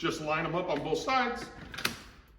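Someone talks while a baby bassinet is lined up on both UPPAbaby stroller frame adapters and pushed down onto the attachment points. A sharp plastic click sounds at 1.9 s as both sides latch, and the bassinet locks onto the stroller frame.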